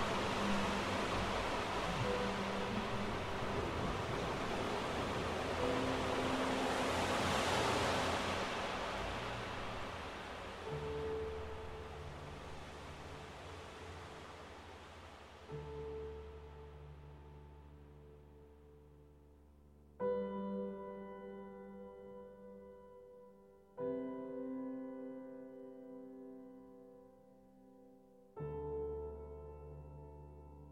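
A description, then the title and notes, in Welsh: Sea recorded at Aberystwyth fills the first half with a dense, rushing wash that swells around eight seconds, then slowly fades. Piano enters in the second half with sustained low chords struck roughly every four to five seconds, each ringing and decaying as the sea thins away. Cyfansoddiad ar gyfer y piano, gyda recordiad o'r môr yn Aberystwyth.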